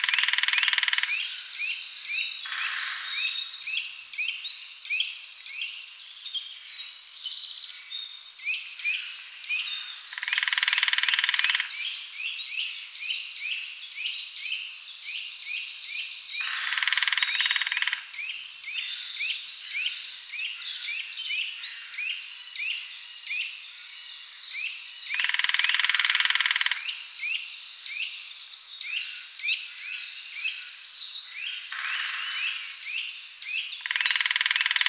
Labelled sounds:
Lesser Spotted Woodpecker (Dendrocopos minor) drumming

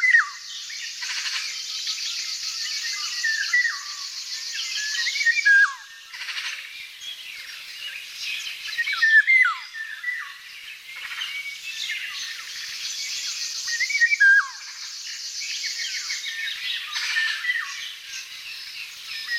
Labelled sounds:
Eurasian Golden Oriole (Oriolus oriolus) song

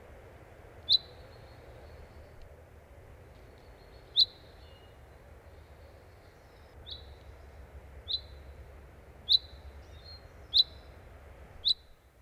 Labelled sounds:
Common Chaffinch (Fringilla coelebs) call

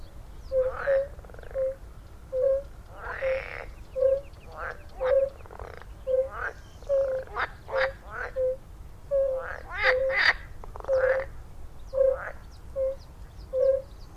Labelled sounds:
Fire-Bellied Toad (Bombina bombina) call

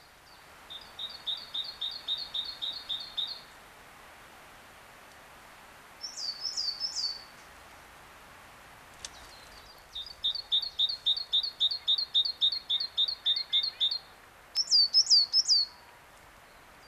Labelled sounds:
Coal Tit (Periparus ater) song

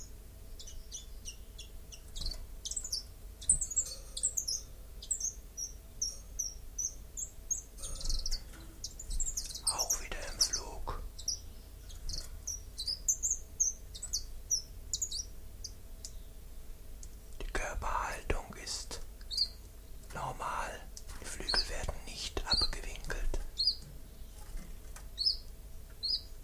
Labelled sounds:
Common Chiffchaff (Phylloscopus collybita) song

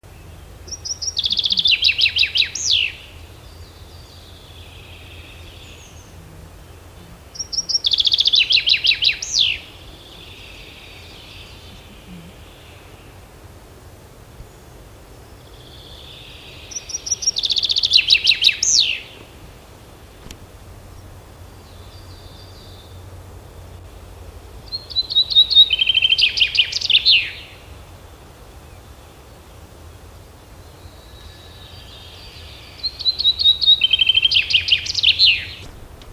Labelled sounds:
Common Chaffinch (Fringilla coelebs) song

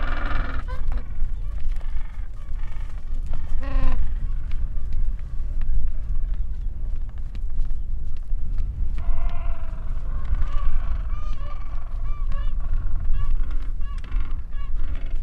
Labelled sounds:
Gentoo Penguin (Pygoscelis papua) call

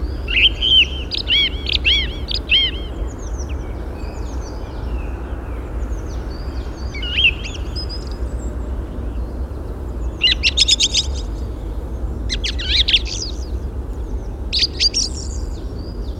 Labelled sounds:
Song Thrush (Turdus philomelos) song

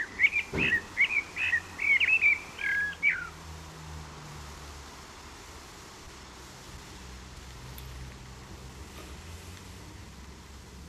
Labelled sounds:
Common Blackbird (Turdus merula) song

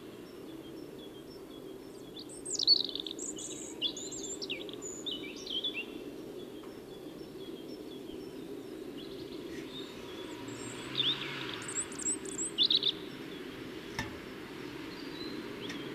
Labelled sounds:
European Robin (Erithacus rubecula) song

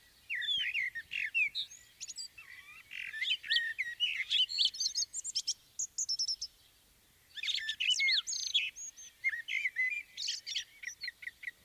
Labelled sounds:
Common Blackbird (Turdus merula) song

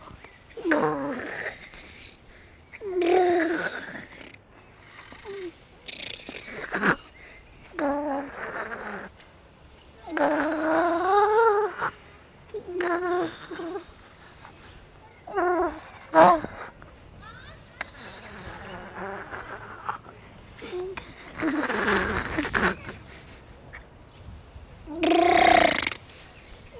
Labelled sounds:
Grey Seal (Halichoerus grypus)

